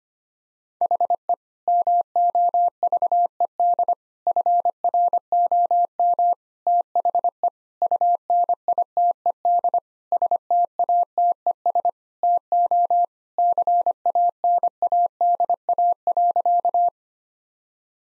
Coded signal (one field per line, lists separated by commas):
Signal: Morse code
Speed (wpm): 25 wpm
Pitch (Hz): 700 Hz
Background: none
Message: HE MOVED FROM THE UNITED STATES TO CANADA.